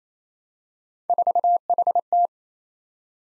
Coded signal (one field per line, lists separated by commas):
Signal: Morse code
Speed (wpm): 28 wpm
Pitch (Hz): 700 Hz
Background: none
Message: 4HT